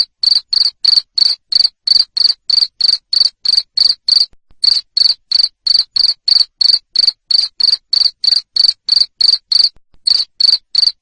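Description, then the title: Cricket producing rapid, steady high-pitched chirps, about three each second, with a couple of brief gaps. Loud cricket chirping played to make lovebirds sing continuously. "Suara JANGKRIK NGERIK Keras Bikin LOVEBIRD Jadi NGEKEK Terus Vubey"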